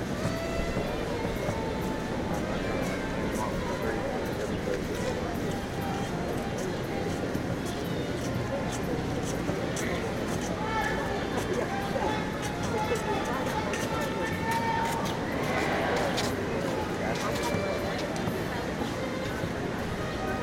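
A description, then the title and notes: A busy outdoor park in New York City, filled with a steady, dense wash of crowd chatter and many overlapping voices. A low rumble runs underneath throughout, like passing traffic or a train, with occasional brighter clinks and short tones rising out of the murmur. NYC Washingto Square Park.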